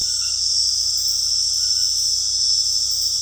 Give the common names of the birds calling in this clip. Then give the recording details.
none. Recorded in dense forest near Puerto Asís, Putumayo, Colombia, on 18 February 2024 at 20:00. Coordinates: 0.485, -76.322. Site G6406